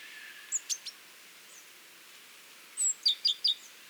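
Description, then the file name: Great tit calls: three quick high chirps, a pause, then a thin whistle and a fast run of sharp, falling notes. "Parus major"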